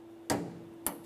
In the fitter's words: With it in the relaxed position, go ahead and press it in as far as possible and lock it down.